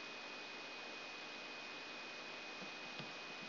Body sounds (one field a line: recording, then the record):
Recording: brain microelectrode recording played as sound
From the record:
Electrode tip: outside the subthalamic nucleus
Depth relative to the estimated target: -8 mm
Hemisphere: right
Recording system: AlphaMap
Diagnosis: Parkinson's disease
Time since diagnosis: 7 years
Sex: female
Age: 56 years